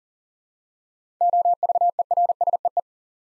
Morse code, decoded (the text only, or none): OVERSEE